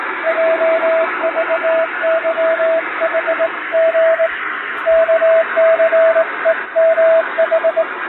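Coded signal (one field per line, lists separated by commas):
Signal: Morse code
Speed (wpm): 21 wpm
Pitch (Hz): 650 Hz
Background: radio noise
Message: JVYHG KCEMH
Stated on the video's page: Showa-era style shortwave Morse telegram practice sent with a vertical straight key, with noise and fading added, for reception training.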